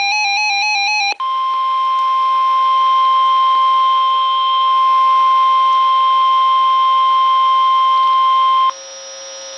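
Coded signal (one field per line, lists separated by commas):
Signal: Emergency Alert System (SAME) tones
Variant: 1050 Hz attention tone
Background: music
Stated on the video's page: Severe Thunderstorm Warning from the National Weather Service, received on a Radioshack 12-382 weather radio.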